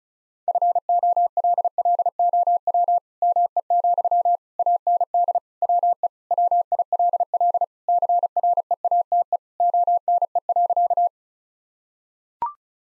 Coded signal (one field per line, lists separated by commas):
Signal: Morse code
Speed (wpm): 36 wpm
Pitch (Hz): 700 Hz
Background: none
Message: FOLLOW ME, AND WE WILL CREATE ONE.